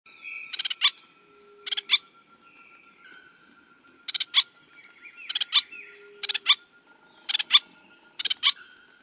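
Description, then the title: Rufous-capped spinetail song: short bursts of sharp, stacked chattering notes, with a steady thin whistle and other faint bird calls behind. "LuckyPassaro Completos2Sama. Rufous-capped Spinetail (Synallaxis ruficapilla)"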